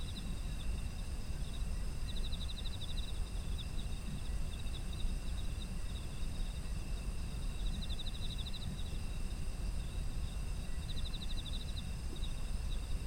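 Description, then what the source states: Insects chirring: sustained high tones and three bursts of rapid pulsed trilling spaced a few seconds apart, with a deep constant background hum. Autumn insects, ambient environmental sound.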